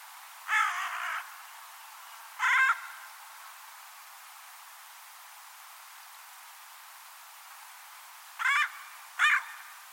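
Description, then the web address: Bird giving harsh, grating caws: two early ones, a long silent gap, then two quick ones close together. "Deverinetal 2025 File origin Bird Only"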